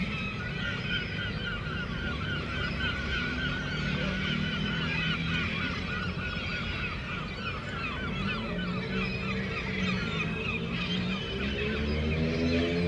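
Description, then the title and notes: Gulls give rapid, overlapping mewing cries throughout, while a motorcycle engine hums low and rises in pitch toward the end. Seagulls at a harbour quay in Le Tréport, France, mixed with passing motorcycles; recorded with DPA 4060 microphones in AB position into a Zoom F3. "3 Quai des Paquebots, 76470 Le Tréport, France - Seagulls and motorcycles. Mouettes et motos"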